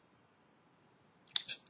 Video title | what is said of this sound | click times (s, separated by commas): Lego Live Construction: Ninjago's Fangpyre Truck Ambush (2/4) [Français] | je entendre un petit clip en fait j'entendais pas le clip donc j'étais inquier mais non ça tout va bien donc | 1.4 s